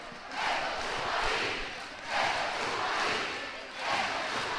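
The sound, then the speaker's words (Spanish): A large arena crowd at a Copa Princesa game chants "esto es Pumarín" in unison, a loud rhythmic roar swelling and easing in repeated waves roughly every two seconds, with no clear individual voices standing out. “Gritos de esto es Pumarín.”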